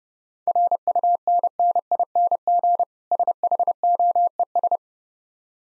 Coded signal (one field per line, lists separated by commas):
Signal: Morse code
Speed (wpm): 30 wpm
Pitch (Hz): 700 Hz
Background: none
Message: RUNNING SHOES